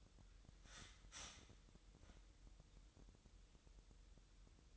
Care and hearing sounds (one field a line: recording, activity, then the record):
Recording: daily activity, microphone in the room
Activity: start toaster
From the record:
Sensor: 3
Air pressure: 988.6 hPa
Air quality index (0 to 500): 195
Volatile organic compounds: 302 ppm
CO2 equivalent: 4485 ppm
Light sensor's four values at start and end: 23/72/30/26 and 23/72/30/26